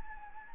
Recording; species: mosquito wingbeat signal from an infrared sensor; Anopheles gambiae